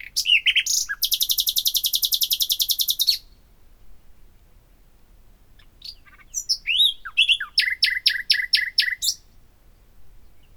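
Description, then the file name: Common nightingale song with a long, very fast rattling trill lasting about two seconds, a pause, then varied clicks and a loud series of repeated chopped notes. "Luscinia megarhynchos"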